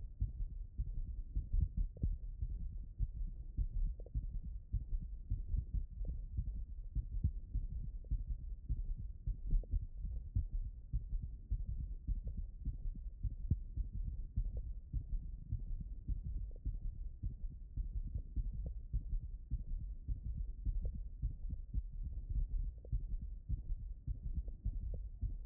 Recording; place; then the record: heart sounds by stethoscope; tricuspid valve (TV)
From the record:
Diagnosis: HFrEF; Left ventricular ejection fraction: 31%